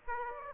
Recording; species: mosquito wingbeat signal from an infrared sensor; Aedes aegypti